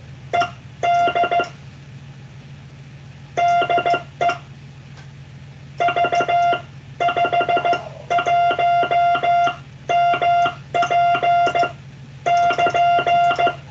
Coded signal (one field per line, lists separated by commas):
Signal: Morse code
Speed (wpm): 15 wpm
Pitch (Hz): 700 Hz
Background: none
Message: ED DE V51MP <KN>